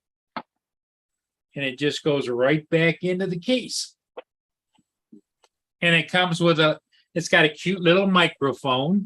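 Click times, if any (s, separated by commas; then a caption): 0.4 s. A clip on a folded, locked handheld gimbal is pushed up and snaps shut with a single sharp snap at 0.4 s, seating it in place. Someone then talks.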